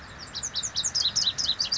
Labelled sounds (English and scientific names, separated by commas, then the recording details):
Lazuli Bunting (Passerina amoena)
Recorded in Sonoma County, California